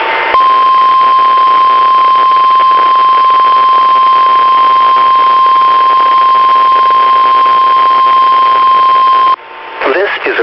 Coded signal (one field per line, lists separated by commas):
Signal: Emergency Alert System (SAME) tones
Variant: 1050 Hz attention tone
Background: speech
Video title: November 27 required weekly test on 8 stations